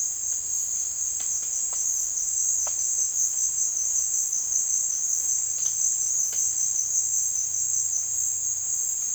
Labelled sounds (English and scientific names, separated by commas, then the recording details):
none
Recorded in dense forest near Puerto Asís, Putumayo, Colombia, on 9 March 2025 at 15:00
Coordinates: 0.481, -76.323
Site G088